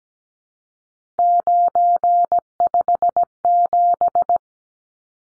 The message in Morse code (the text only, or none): 957